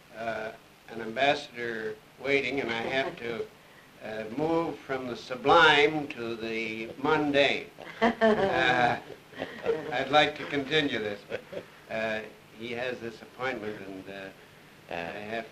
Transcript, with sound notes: an Ambassador waiting, and I have to move from the sublime to the mundane. [laughs] I'd like to continue this, but he has this appointment and I have to...